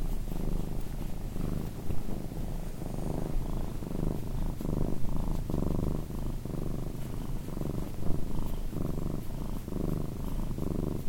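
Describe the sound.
Cat giving a steady low purr, evenly pulsed with its breathing and uninterrupted from start to finish.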